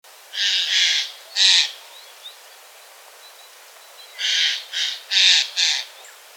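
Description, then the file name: Eurasian jay calls: harsh, rasping screeches, three at first, then four more after a pause of about two and a half seconds. "Garrulus glandarius"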